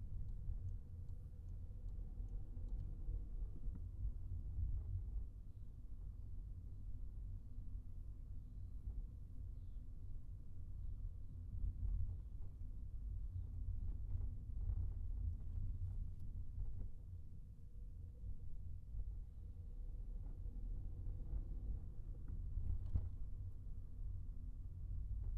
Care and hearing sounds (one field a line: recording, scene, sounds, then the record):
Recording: everyday scene through a hearing-aid microphone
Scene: in a vehicle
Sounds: engine, highway traffic jam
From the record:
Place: Skoda Fabia, gasoline engine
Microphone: behind the ear, right, rear